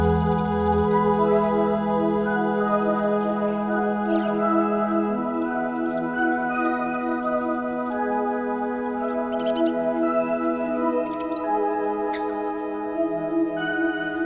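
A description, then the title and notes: Amazon rainforest sounds: a dense, steady wall of layered buzzing and whining tones holds at an even loudness throughout. A low tone steps up in pitch around five seconds and drops back near eight, while brief sharp chirps break through around four, nine and twelve seconds. Sounds of the Amazon rainforest.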